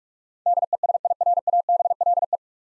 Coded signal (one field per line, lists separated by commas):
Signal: Morse code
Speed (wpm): 46 wpm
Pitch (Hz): 700 Hz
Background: none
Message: DESIRABLE